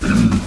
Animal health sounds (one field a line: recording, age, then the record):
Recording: pig call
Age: growing-finishing pig (85 days or more)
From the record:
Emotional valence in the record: positive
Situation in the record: enriched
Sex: female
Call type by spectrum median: low-frequency call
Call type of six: low-frequency modulated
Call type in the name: low-frequency modulated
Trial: 2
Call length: 0.47 s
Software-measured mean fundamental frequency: 70 Hz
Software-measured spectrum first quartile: 184 Hz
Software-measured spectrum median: 299 Hz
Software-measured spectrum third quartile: 1720 Hz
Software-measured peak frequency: 215 Hz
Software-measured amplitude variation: 162 dB a second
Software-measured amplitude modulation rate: 22.5 a second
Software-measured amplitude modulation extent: 7.2 dB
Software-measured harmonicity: 2.1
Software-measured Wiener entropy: -2.61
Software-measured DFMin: 1138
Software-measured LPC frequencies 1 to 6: 1408, 2514, 3514, 3951, 4861, 5576 Hz